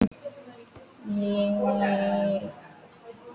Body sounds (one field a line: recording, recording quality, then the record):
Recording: sustained vowel as in made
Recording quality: excellent, no background noise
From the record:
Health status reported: respiratory illness, not identified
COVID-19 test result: negative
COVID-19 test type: RT-PCR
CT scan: taken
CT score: 0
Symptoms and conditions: breathing difficulty, asthma, another condition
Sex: female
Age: 41 years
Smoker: no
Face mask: worn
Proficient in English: no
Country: India